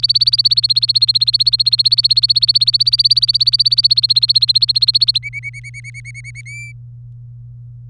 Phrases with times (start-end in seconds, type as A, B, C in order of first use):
0.03-5.18 A, 5.23-6.41 B, 6.46-6.72 C